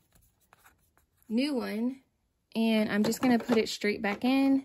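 A new waste ink pad is handled at the inkjet printer housing, about to be pushed straight back into its slot in the Epson EcoTank printer. A few faint handling taps come at about 0.2, 0.5 and 1.0 s, then someone talks. The pad has not seated or clicked yet.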